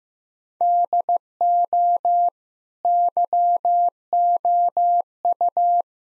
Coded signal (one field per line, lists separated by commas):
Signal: Morse code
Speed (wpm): 15 wpm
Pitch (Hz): 700 Hz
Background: none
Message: DO YOU